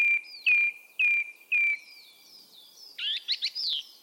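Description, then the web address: Bird whistling a few clear, steady notes with a downward flick, about half a second apart, then a tangled burst of quick twittering notes. "cianscape birddata Deverinetal 2025"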